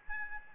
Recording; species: mosquito wingbeat signal from an infrared sensor; Aedes albopictus